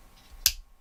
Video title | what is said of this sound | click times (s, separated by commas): Part 2 - Features - Bike Lights from Thorfire: BL09, BL12, BL15 | and a nice positive click into place seems secure and I think | 0.5 s